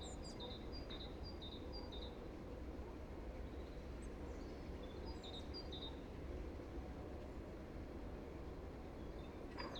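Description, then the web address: Great tit singing short runs of rhythmic, see-sawing two-note phrases in two bouts, over a steady background hum of traffic. Recorded in a neighbourhood. "ecoute de mon quartier mesange charbonniere"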